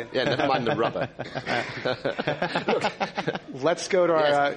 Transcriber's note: laughter